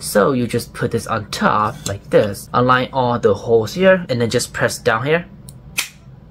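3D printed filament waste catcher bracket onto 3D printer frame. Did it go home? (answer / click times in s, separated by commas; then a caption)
yes / 5.5 s, 5.8 s. A 3D printed plastic filament waste catcher bracket is placed on top of an Anycubic Kobra 3 3D printer frame, holes aligned, and pressed down while someone talks. Two sharp clicks at 5.5 s and 5.8 s mark the bracket snapping into place, seated on the frame.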